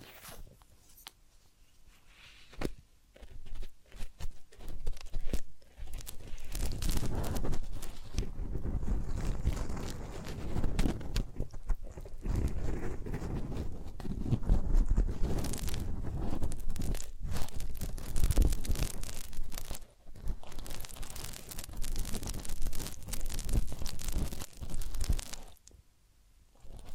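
Massage and ear cleaning sounds: dense, crackling rubbing and scratching with rapid clicks running almost continuously. It starts quiet and sparse, swells to a steady busy texture from about five seconds, briefly drops near twenty seconds, then fades at the end.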